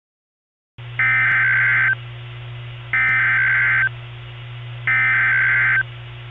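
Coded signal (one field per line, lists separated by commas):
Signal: Emergency Alert System (SAME) tones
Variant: header bursts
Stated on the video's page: Fictional EAS scenario said to contain valid EAS tones.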